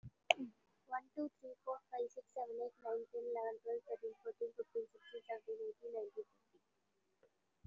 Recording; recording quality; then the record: counting at a fast pace; excellent, no background noise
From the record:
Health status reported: COVID-19 positive, mild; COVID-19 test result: positive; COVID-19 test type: RT-PCR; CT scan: not taken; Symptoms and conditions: sore throat, fever, loss of smell and taste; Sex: female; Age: 18 years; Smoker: no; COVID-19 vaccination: none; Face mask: worn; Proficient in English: yes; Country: India